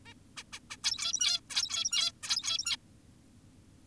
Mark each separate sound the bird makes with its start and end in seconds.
0.06-0.14, 0.37-0.44, 0.53-0.60, 0.70-0.77, 0.84-1.40, 1.50-2.12, 2.24-2.76